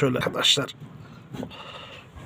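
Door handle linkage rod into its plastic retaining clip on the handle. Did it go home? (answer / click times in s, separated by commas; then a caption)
no / none. While replacing a broken door handle on a Suzuki Carry, the door handle linkage rod is being handled into its plastic retaining clip on the handle as someone talks. A short, sharp handling tap is heard around 1.4 s, but nothing has seated or clicked into the clip yet.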